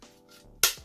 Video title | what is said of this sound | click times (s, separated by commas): WPL C24KM wheels, steering and body assembly. Pt.3 | like so. When they snap in place, you'll know. | 0.6 s